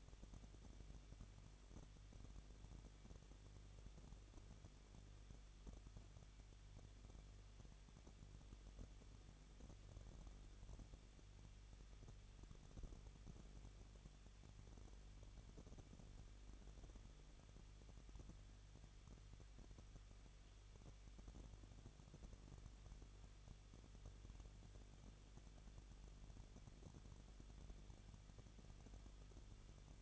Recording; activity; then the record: daily activity, microphone in the room; no activity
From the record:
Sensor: 4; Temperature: 23.1 degrees Celsius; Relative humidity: 34.0%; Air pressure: 1007.2 hPa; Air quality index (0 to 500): 216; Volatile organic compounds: 15 ppm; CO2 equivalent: 2490 ppm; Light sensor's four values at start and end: 2/3/1/1 and 2/3/1/1